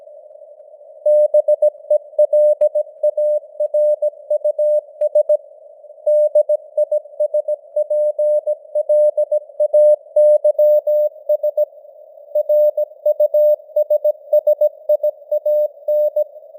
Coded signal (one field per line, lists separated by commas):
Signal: Morse code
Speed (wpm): 17 wpm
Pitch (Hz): 600 Hz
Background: none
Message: BELARUS DISPLAYS RUSSIAN